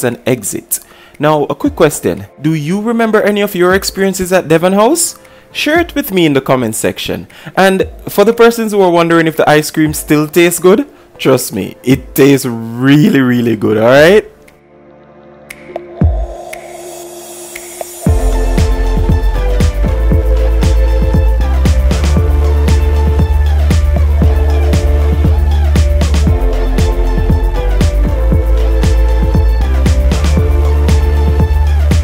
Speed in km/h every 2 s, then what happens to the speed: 18, 16, 16, 18, 15, 8, 5, 0, 0, 0, 0, 0, 0, 0, 0, 0.
0-7 steady at about 16. 7-14 slows to 0. 14-32 standing.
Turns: none.